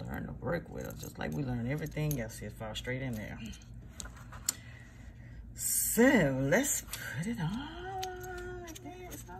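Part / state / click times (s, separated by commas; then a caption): red dot sight mount onto rail / not seated / none. A Feyachi V30 2MOA compact red dot sight's low-profile mount is handled and pressed toward a rail while someone talks. Nothing has seated or snapped into place yet.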